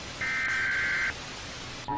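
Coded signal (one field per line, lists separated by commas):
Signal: Emergency Alert System (SAME) tones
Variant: header bursts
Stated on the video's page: Sound effect taken from a recording of the national EAS test, used in a fictional story.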